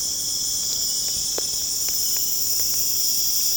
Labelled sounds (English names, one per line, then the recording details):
none
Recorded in pastures near Puerto Asís, Putumayo, Colombia, on 23 June 2025 at 22:30
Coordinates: 0.496, -76.326
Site GP01